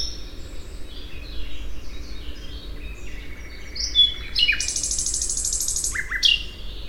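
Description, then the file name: Common nightingale song: varied whistled and chirping phrases, then a loud harsh buzzy burst followed by short sharp notes, with steady low background rumble. "Luscinia megarhynchos"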